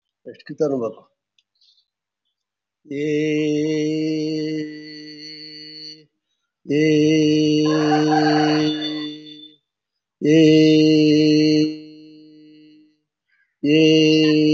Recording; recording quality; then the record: sustained vowel as in made; excellent, no background noise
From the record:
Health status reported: COVID-19 positive, no symptoms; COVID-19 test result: positive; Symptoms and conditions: diabetes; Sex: male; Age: 47 years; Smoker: not ticked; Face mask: worn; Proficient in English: no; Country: India